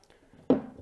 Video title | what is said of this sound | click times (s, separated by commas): Cooler Master NR200P PC Build Guide (AIO & Horizontal GPU) | and it will lock into place and this little clip will close | 0.5 s